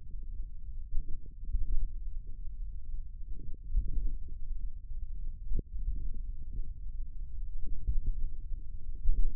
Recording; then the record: forearm muscle sounds (acoustic myography)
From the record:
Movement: finger pinch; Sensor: system 1, eight BSWA MPA416 microphones around the upper forearm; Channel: 5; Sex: male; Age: 41 years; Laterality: right